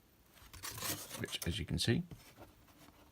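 A removable wall section of a church ruin diorama is handled above its base, which has a magnetic strip along the bottom to hold the wall in place, while someone talks over soft rubbing and handling sounds. Nothing has seated or clicked yet; the wall has not snapped home.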